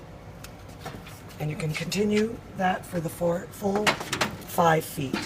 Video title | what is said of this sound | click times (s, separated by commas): SDM Rimmel Evo Wall Set Up | the nubs and the holes, and then you're going to snap them together. | 0.4 s